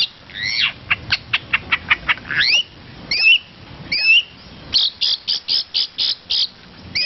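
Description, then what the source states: Long-tailed shrike song: a quick series of sharp chips, then looping whistled notes, then evenly spaced harsh notes. Varied song with imitations of other birds, in the 'isian' fill-in song style.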